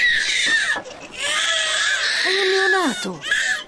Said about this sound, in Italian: Il bambino comincia a piangere, qualcuno tra la folla se ne accorge.